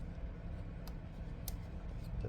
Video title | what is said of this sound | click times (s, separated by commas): 2018 Chevy cruze 1.4 ecotech turbo Oxygen/02 sensor replacement, bank 1 and bank 2 | lock it both times | 1.5 s